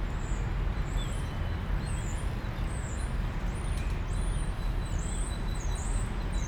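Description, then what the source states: European starling calls, high whistled notes repeated throughout, set against loud steady road noise. Starlings in plane trees, Parc Pierron, Molenbeek-Saint-Jean, Brussels, Belgium; city park with car and tram traffic; recorded with Lom mikroUsi AB microphone into Deity PR-2.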